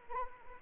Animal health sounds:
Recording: mosquito wingbeat signal from an infrared sensor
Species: Anopheles arabiensis

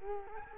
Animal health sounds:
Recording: mosquito wingbeat signal from an infrared sensor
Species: Culex quinquefasciatus

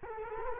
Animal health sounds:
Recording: mosquito wingbeat signal from an infrared sensor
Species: Culex quinquefasciatus

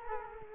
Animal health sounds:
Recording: mosquito wingbeat signal from an infrared sensor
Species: Culex quinquefasciatus

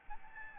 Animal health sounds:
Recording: mosquito wingbeat signal from an infrared sensor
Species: Aedes albopictus

